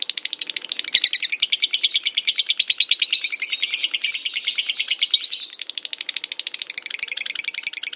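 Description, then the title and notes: Lovebird trill, a long fast run of buzzy chattering notes, high-pitched and continuous, growing a little softer near the end. Lovebird giving its long 'ngekek' trill, used as a lure song. "Master Kicau Lovebird ngekek, kicau pancingan"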